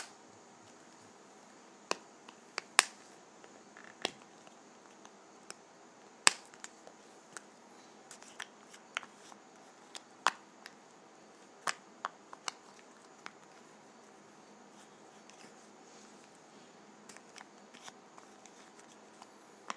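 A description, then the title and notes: A lip gloss container is handled, giving sharp little clicks and taps at irregular moments, a few every couple of seconds, some louder than others. Between them there is only a faint, steady hiss. ASMR Lip Gloss Container.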